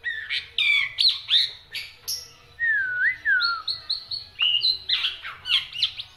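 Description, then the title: Black-winged myna song, a dense medley of whistles, chirps and slurred notes with one smooth wavering whistle in the middle. Dense, non-stop song with many variations, used as a tutor recording for training songbirds. "Kicauan Rapat Jalak Putih Gacor Banyak Variasi Untuk Masteran"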